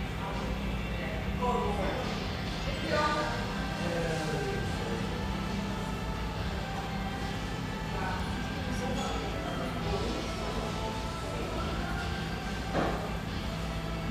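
Steady hum fills an espresso house near the Vancouver riverfront, with a constant low drone, muffled chatter, and a brief clink near thirteen seconds.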